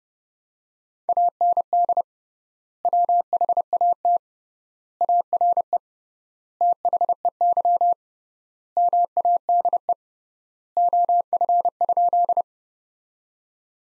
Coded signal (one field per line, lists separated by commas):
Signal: Morse code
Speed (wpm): 30 wpm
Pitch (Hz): 700 Hz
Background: none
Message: AND WHAT ARE THEY MADE OF?